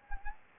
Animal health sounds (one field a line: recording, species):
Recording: mosquito wingbeat signal from an infrared sensor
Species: Anopheles gambiae